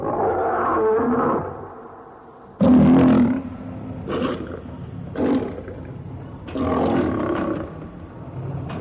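Lion roars, a drawn-out rasping moan, a short pause, then a run of abrupt, powerful grunting bursts of differing lengths.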